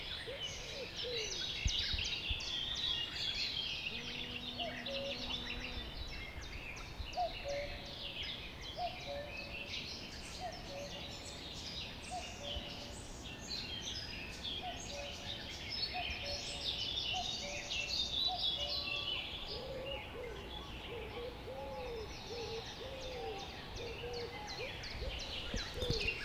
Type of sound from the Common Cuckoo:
call